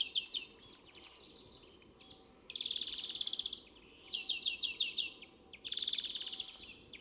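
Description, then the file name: European greenfinch giving buzzy trills and twittering phrases in bursts, with quieter chatter between them. "Chloris chloris"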